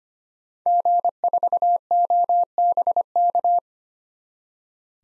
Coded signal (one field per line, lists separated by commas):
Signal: Morse code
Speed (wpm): 25 wpm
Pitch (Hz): 700 Hz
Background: none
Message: G4OBK